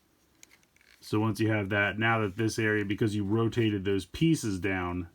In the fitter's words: And then this will come down and close over all that and kind of snap into place.